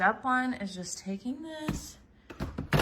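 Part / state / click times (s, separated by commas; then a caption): stick vacuum component into the vacuum body / seated / 2.7 s. A Shark Pet cordless stick vacuum component is pushed into the vacuum body during assembly. Someone talks, then a few faint knocks sound before a sharp, strong click at 2.7 s as the part seats into place.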